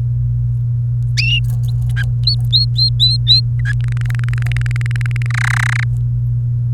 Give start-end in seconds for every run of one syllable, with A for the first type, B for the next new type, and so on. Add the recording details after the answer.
2.27-3.40 A, 3.59-3.72 B, 3.80-5.26 C, 5.30-5.83 D. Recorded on 28 April 2018 at 14:29. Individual llb3